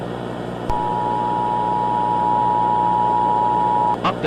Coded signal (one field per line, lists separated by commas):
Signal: Emergency Alert System (SAME) tones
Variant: 853 and 960 Hz attention tone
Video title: Eas scenario: Trains cant talk!